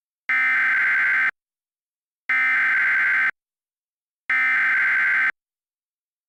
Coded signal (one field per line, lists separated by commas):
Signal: Emergency Alert System (SAME) tones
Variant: header bursts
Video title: EAS Scenario: Memphis Tornado I